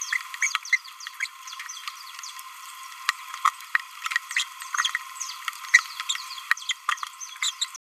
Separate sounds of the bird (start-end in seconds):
1.21-1.28, 4.36-4.43, 5.74-5.80, 6.09-6.16, 6.69-6.73, 6.89-6.94, 7.42-7.51